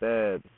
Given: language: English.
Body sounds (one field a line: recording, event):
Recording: throat vibration sensor signal played as sound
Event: speech